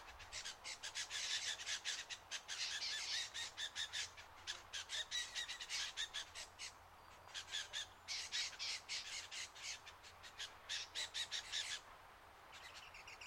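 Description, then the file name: Lewin's honeyeater distress call, rasping squawks delivered in rapid bursts separated by short gaps, harsh and scratchy throughout, tailing off near the end. "BIRD LEWINS HONEY EATER DISTRESSED CALL"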